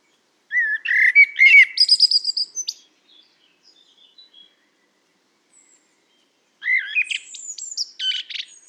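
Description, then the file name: Common blackbird singing two phrases several seconds apart, each a low fluty warble breaking into a thin, scratchy, high-pitched twitter. "Turdus merula"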